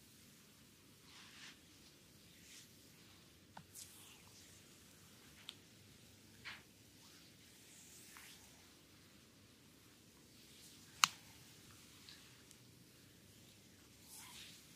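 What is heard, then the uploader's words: A belly massage plays out as soft rubbing and brushing strokes over a steady low hush. Light swishes arrive every second or so, with a few brief clicks, the sharpest just past eleven seconds and smaller ones near four and five seconds. ASMR Visceral Front Massage (stomach, belly, abdominal) . Asian style asmr.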